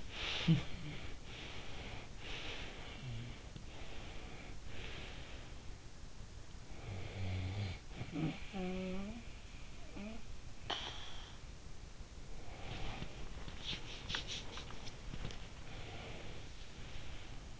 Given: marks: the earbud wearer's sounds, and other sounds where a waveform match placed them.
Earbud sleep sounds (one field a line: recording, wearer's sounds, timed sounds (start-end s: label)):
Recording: sounds in sleep by an in-ear microphone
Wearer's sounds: talking in sleep, breath, snoring breath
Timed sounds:
0.00-0.85 s: talking in sleep
0.85-5.83 s: breath
6.34-10.28 s: snoring breath
10.29-11.38 s: breath
12.28-16.45 s: breath